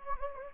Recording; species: mosquito wingbeat signal from an infrared sensor; Anopheles gambiae